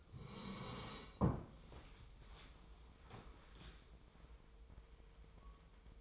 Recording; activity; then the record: daily activity, microphone in the room; sit down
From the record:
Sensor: 1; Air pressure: 1005.4 hPa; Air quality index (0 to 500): 124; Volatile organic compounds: 5 ppm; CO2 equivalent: 1729 ppm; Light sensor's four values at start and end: 11/26/10/11 and 11/27/11/12